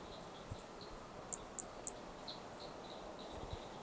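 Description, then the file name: Flea-toad produces three crisp, high clicks in quick succession midway, with a few fainter notes before and after; soft steady background noise. Brachycephalus hermogenesi, specimen one, recorded at Picinguaba, Brazil; several starting notes lost, recorded without interruption. "Brachy hermogenesi Picinguaba specimen one several starting notes lost without interruption"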